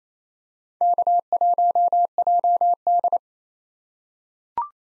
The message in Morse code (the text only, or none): K1JD